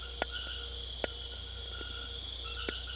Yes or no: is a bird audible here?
no